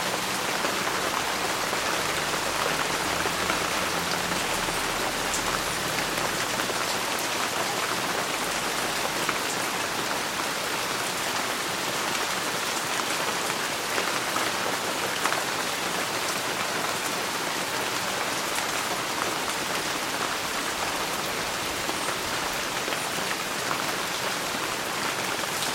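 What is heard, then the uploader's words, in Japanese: Heavy daytime rain pours onto a rooftop high above the city, a dense, steady hiss of countless drops that holds at the same loudness throughout. A faint low rumble, likely distant traffic, sits beneath the rain during the first ten seconds. 屋上の雨 | 都市の高い所での昼間の土砂降り。にぎやかな街の上空にある屋上の避難所へあなたを運びます。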